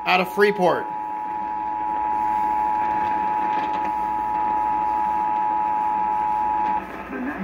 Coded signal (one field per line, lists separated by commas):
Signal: Emergency Alert System (SAME) tones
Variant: 853 and 960 Hz attention tone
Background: speech